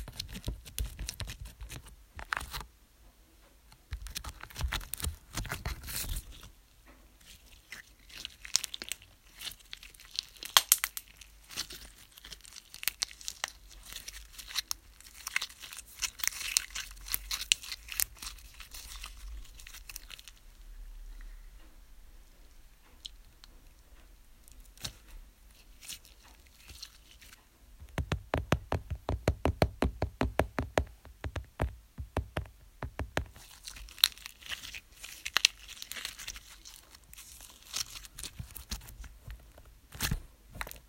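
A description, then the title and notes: Slime is squished and pressed, giving crackling, crunchy pops and wet clicks. Dense bursts come around 3–6 seconds and near 10 seconds. A fast, regular run of pops follows from about 28 to 31 seconds, then brighter crinkly squishing. Wir haben uns Slime selber zusammen gemischt, mit schon gemischtem Slime gespielt und ihn zerrissen. Slime ASMR.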